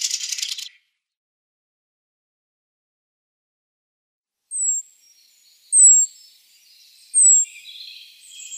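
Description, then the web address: Mistle thrush giving a short dry rattling churr, followed after a pause by several thin, high notes. "Schulze Peter Mistle Thrush calls"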